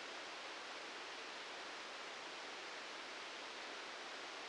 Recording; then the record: brain microelectrode recording played as sound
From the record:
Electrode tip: outside the subthalamic nucleus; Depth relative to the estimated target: 3 mm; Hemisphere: left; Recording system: NeuroSet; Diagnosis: Parkinson's disease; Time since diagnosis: 8 years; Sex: male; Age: 58 years